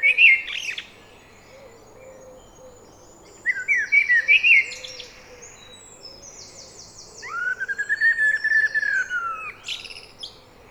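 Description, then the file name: Eurasian blackbird singing three phrases: a short warble, a fluty phrase, then a long sustained whistle layered with rapid high squeaky notes. "Turdus merula"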